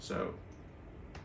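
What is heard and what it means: A metal crimp terminal pin is deliberately inserted upside down into a plastic automotive connector housing while someone talks briefly at the start. The pin meets tension and stops, with only a brief faint sound near 1.2 s; nothing has seated or clicked yet, so the pin is taken out to be flipped.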